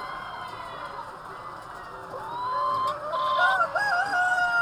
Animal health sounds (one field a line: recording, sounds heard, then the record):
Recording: poultry house recording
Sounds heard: healthy chickens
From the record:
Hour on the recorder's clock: 3